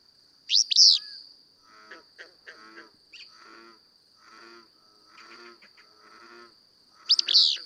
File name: Willow Flycatcher